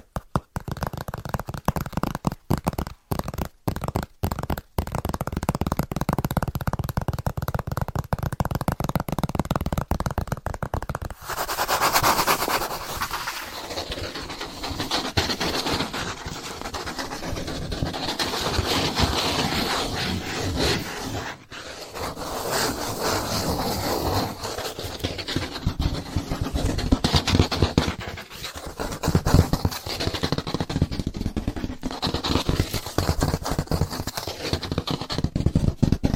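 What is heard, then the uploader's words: Hands tap and scratch in a fast, dense stream of small strokes. For the first eleven seconds the sound is a low, rapid scratching broken by a few quick sharp taps; after that it turns brighter and rougher, a steady raspy rubbing with brief pauses. ASMR Biggest Trigger Assortment (Tapping, Scratching, Hand Sounds,…) No Talking.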